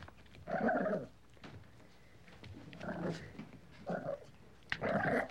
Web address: dog puppy barking and growling playful animal